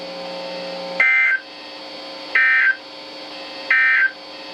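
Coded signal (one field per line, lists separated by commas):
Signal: Emergency Alert System (SAME) tones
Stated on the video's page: NOAA weather radio alerts received on a thrift-store Reecom R1650 set up in a garage, from 162.550, 162.475 and 162.450 MHz transmitters.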